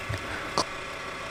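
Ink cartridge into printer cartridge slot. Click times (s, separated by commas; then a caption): 0.6 s. A plastic ink cartridge is slid into its slot in a ComColor printer and gently pushed until it locks into place. A faint sliding tick comes first at about 0.1 s, then a single sharp click at 0.6 s as the cartridge seats.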